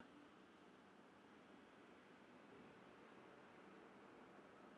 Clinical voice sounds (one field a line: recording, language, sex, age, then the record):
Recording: spoken sentence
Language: Brazilian Portuguese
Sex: male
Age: 70 to 79 years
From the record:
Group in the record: control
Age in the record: 79 years